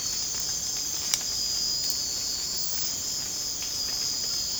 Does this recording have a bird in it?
no